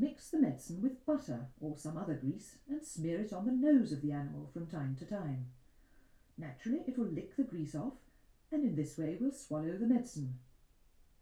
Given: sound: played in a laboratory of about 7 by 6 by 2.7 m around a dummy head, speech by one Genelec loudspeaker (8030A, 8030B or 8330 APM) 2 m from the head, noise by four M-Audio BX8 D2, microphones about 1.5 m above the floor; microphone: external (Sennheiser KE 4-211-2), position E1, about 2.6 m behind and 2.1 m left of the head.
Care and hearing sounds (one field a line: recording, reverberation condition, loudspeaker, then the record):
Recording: female speech in English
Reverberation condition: low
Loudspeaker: 150 degrees to the left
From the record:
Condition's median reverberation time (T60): about 310 ms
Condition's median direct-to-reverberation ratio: about 3.5 dB